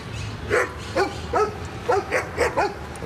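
A dog barks six times in short, sharp bursts at an uneven pace, each bark clear and mid-pitched over a low, steady background hum.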